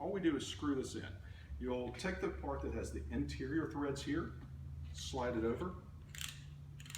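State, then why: Seated. A threaded socket cap, the part with interior threads, is slid over and screwed onto the lamp socket assembly of a mason jar pendant light while someone talks. A small internal locking mechanism gives a series of ratcheting clicks at 6.2, 6.2, 6.8, 6.9 and 7.0 seconds as it tightens. The cap seats, locked into place.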